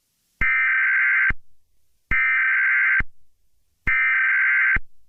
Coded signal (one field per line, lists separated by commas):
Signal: Emergency Alert System (SAME) tones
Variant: header bursts